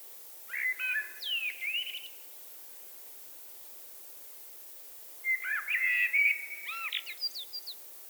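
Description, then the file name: Eurasian blackbird: two warbled phrases a few seconds apart, fluty whistles capped by thin, high squeaky twittering notes. "Turdus merula"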